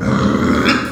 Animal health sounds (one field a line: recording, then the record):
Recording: squeal of a Yucatan mini pig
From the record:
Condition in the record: after surgery on the right vocal fold (resection and tissue-engineered implant)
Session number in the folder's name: 9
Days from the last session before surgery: 65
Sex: female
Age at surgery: 19 weeks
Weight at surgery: 25 kg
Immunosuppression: prednisolone